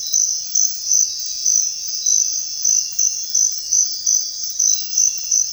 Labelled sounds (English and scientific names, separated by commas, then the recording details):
none
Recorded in secondary vegetation near Puerto Asís, Putumayo, Colombia, on 28 February 2025 at 05:00
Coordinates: 0.484, -76.319
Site G010